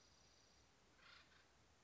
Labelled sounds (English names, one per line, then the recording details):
Acorn Woodpecker
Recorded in Sonoma County, California